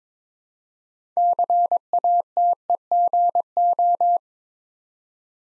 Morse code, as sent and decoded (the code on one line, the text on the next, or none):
-.-. .- - . --. ---
CATEGO